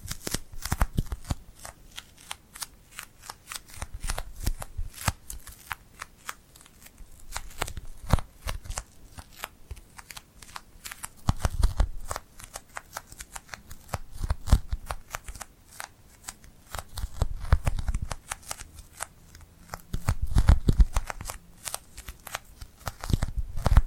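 Hand sounds made with glued, sticky skin: a dense run of sharp crackles, pops and peeling snaps across the whole stretch. The clicks are bright and irregular, with brief louder bursts carrying a low thump roughly every three seconds, near 11, 14, 18 and 21 seconds.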